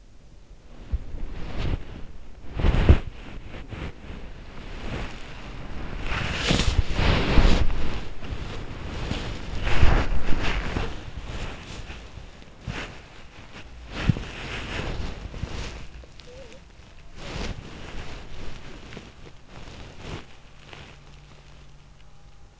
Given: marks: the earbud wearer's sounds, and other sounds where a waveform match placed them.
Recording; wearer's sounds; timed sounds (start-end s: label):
sounds in sleep by an in-ear microphone; body movement, talking in sleep
0.00-22.59 s: body movement
15.89-16.82 s: talking in sleep